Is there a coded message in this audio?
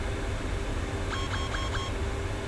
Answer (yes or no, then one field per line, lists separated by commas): no